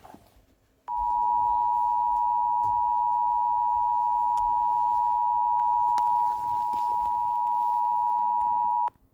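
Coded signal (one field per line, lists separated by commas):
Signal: Emergency Alert System (SAME) tones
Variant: 853 and 960 Hz attention tone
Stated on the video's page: EAS severe weather alert on KOPB.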